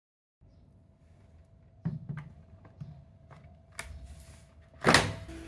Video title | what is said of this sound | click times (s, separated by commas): MILAGROW Aguabot 21- The Mopping Robot | so this click sound has to be heard | 4.9 s